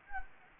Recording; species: mosquito wingbeat signal from an infrared sensor; Anopheles gambiae